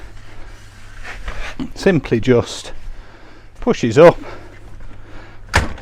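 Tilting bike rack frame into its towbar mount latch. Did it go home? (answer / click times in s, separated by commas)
yes / 5.6 s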